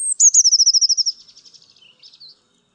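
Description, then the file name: Eurasian blue tit: one sharp high note, then a fast descending trill that fades into softer twittering notes. "MODRASZKA"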